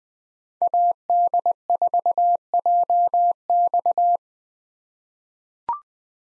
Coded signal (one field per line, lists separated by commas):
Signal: Morse code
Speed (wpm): 20 wpm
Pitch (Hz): 700 Hz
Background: none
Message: AD4JX